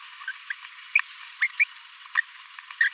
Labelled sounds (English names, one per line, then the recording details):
Green-rumped Parrotlet babbling
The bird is a male
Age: 26 days
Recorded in a nest box in Venezuela
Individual 17B42A3